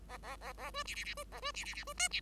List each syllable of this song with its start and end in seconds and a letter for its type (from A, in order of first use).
0.08-0.17 A, 0.23-0.36 A, 0.40-0.53 A, 0.57-0.71 A, 0.73-0.83 B, 0.85-0.95 C, 0.95-1.04 C, 1.04-1.14 C, 1.17-1.24 B, 1.31-1.40 A, 1.42-1.51 B, 1.54-1.65 C, 1.65-1.74 C, 1.74-1.84 C, 1.87-1.93 B, 1.97-2.08 D, 2.10-2.21 C